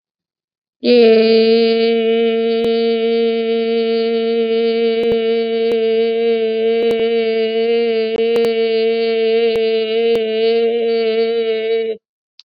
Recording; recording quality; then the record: sustained vowel as in made; excellent, no background noise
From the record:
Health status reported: COVID-19 positive, mild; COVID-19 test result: positive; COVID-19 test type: rapid antigen test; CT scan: not taken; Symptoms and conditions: cough, fever, fatigue, muscle pain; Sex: female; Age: 36 years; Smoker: no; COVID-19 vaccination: both doses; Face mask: worn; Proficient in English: yes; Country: India